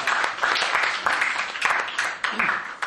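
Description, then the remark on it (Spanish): An audience in Zaragoza breaks into steady, dense applause to welcome speakers, many hands clapping together in a continuous crackling wash that holds at a fairly strong level for about three seconds. “Bien, así que sin más, damos la palabra a los compañeros, a los cuales les pedimos un aplauso para darles bienvenida a Zaragoza.”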